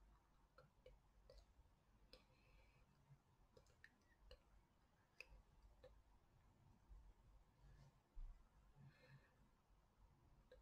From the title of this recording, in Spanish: Toco TU Carita con Brocha